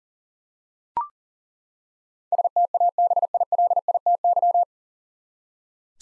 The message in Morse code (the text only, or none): STABILITY